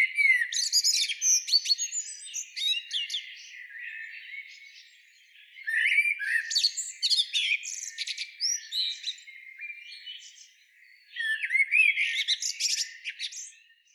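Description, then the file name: Common blackbird singing three phrases about five seconds apart, each a rich warble finishing in squeaky high-pitched twittering. "Turdus merula"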